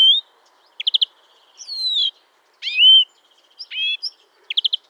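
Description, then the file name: European greenfinch delivering short rattling trills, drawn-out slurs and a loud rising whistle, the phrases separated by brief pauses. "Chloris chloris"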